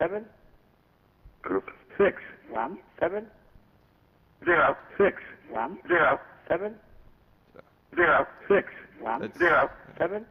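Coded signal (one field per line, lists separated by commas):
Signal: numbers station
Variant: English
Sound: a flat voice reads single digits in short groups: seven, six one seven, zero six one zero seven zero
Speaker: so we have the example of the VoIP station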